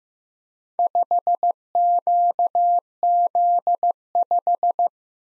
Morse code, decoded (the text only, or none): 5QZ5